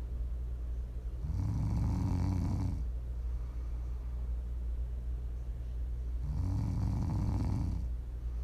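Two low, rattling snores about five seconds apart from an adult asleep, over a steady background hum, typical of ordinary sleep snoring.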